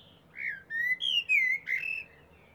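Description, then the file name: Common blackbird song phrase of several rich, fluty whistled notes in quick succession, melodious with clear overtones. "Turdus merula"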